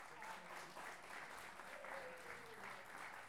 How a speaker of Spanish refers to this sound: Esos son los seis payadores, es decir, tres parejas más van a estar sobre el escenario y de ahí van a quedar los ganadores. Eso. Un aplauso.